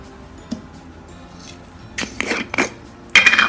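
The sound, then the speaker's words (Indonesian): Washed, cut pieces of ginger and cinnamon are dropped into a glass, making a cluster of small clattering knocks followed by one sharp, bright ringing clink, with quiet background noise and no talking. “Langsung kita masukkan aja ke gelasnya.”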